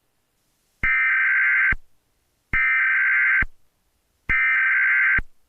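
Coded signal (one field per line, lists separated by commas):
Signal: Emergency Alert System (SAME) tones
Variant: header bursts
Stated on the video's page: Fictional analog horror recreation of a mid-2000s county EAS alert.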